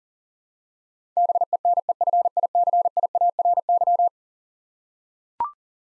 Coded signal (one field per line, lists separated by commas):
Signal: Morse code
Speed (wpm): 40 wpm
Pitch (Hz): 700 Hz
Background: none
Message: BENEFICIARY